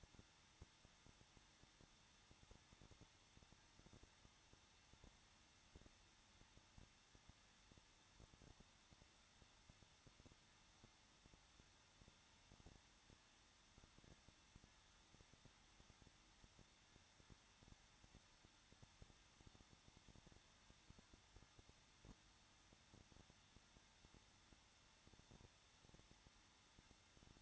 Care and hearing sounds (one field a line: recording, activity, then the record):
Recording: daily activity, microphone in the room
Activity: no activity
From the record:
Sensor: 3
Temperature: 21.2 degrees Celsius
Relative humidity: 36.4%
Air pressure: 1006.4 hPa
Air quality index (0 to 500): 224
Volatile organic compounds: 44 ppm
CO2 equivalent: 3209 ppm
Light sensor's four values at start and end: 2/3/2/2 and 2/3/2/2